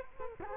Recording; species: mosquito wingbeat signal from an infrared sensor; Culex quinquefasciatus